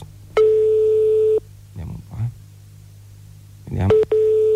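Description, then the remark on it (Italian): A telephone ringing tone on the line: a steady, mid-pitched buzzy tone lasting about a second, a long pause with brief murmured voices, then the tone starting again. “Che squilli ha? Cos'è? La segreteria?”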